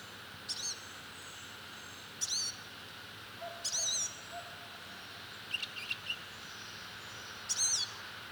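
Blue-gray gnatcatcher giving a few thin, high, nasal buzzy calls spaced irregularly, over steady background hiss.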